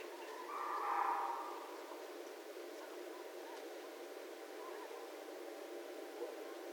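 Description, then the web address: Red fox call, one short hoarse scratchy cry near the start, then steady hiss with faint sounds. Recorded 6 January 2012. "Red Fox 2012 01 06"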